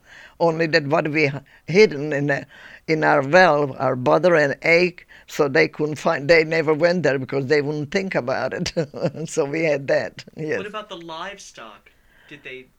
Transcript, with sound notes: Only that what we hidden in our well, our butter and egg, so they couldn't find. They never went there because they wouldn't think about it, (she laughs) so we had that, yes.
What about the livestock? Did they...